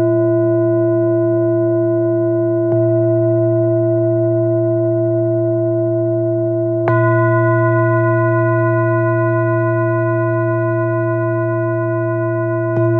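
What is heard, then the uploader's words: Tibetan bowls ring in a steady, layered drone of low hum and bright overtones, with soft strikes near three, seven and thirteen seconds. Harmonies of Tibetan Bowls.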